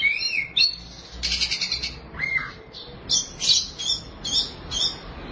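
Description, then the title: Oriental magpie-robin singing a mix of harsh buzzy bursts, a low slurred whistle, then a run of several short sharp squeaky notes. Chirping song (kicauan) of the bird. "Suara Kicauan Burung Kacer Durasi Panjang"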